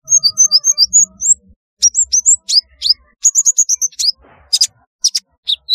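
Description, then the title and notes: Sunbird chirps: high twittering notes in fast series, some sliding upward, with only short pauses. "Kicau Burung Kolibri"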